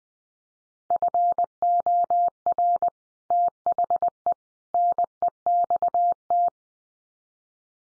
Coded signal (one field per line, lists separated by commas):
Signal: Morse code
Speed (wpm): 20 wpm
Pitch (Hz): 700 Hz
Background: none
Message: FOR THE NEXT